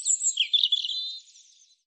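European robin song phrase: a high wavering twitter that fades out after about a second, followed by silence.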